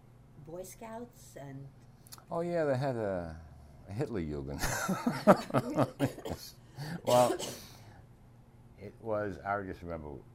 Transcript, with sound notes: boy scouts and---
Oh yeah, they had a--- a Hitler Yugen,. (laughter) Well it was--- I just remember